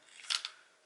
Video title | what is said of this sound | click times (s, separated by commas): MAGPUL Bipod REVIEW - Finally Replacing My Cheap Caldwell Bipod | and it pops back up and to put it down you don't have to press a button you just slide it over | 0.4 s